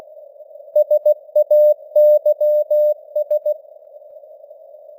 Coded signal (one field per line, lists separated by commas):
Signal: Morse code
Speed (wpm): 16 wpm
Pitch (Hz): 600 Hz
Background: none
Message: SAYS